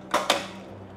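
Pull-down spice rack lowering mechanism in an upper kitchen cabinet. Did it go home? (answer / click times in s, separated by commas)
yes / 0.3 s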